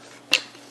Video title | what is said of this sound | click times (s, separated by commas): Ep 33: Winter Oak custom PC build (fan zen v2, vardar express) | It'll jump up to it more often than not. It just needs a little encouragement to snap right in. | 0.3 s